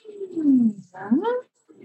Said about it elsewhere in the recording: I burst a blood vessel in my vocal cord. I had to do vocal warm-ups. It's as though my voice is revving up and down an engine.